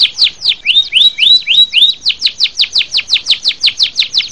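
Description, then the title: Bird song of loud, steadily repeated high notes sweeping downward, with a brief stretch of rising whistled slurs near the start. "LuckyKumpulan SuaraBurung"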